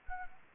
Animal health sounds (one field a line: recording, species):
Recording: mosquito wingbeat signal from an infrared sensor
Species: Anopheles arabiensis